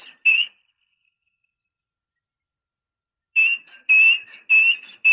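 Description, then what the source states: Great tit song, a high note then a lower whistled note, then repeated several times after a long silent pause. Training recording used to teach songbirds.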